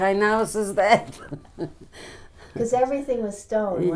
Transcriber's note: chuckles